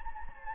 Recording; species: mosquito wingbeat signal from an infrared sensor; Anopheles gambiae